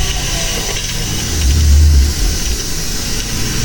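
The engine of a heavy, graffiti-covered police water cannon truck spraying protesters in the street rumbles low and steady, swelling louder for a moment midway before easing back to a constant drone, with no voices.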